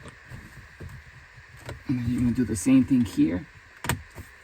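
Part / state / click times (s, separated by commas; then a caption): plastic retaining clip of the center console trim panel in the Jeep dashboard / released / 3.8 s, 3.9 s. Someone talks while pulling on the other side of a plastic center console trim panel in a Jeep dashboard, part of installing rear dual USB outlets. A plastic retaining clip releases with a sharp click heard as two close hits at 3.8 and 3.9 seconds, and the clip comes free.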